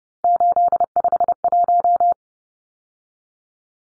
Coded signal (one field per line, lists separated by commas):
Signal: Morse code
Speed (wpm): 30 wpm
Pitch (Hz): 700 Hz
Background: none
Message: 851